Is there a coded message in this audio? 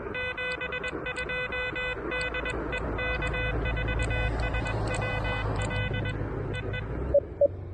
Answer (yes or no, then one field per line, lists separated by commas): yes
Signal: Morse code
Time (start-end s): 0.1-6.8 s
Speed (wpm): 21 wpm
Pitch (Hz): 2000 Hz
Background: music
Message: 72 DE K4SWL EE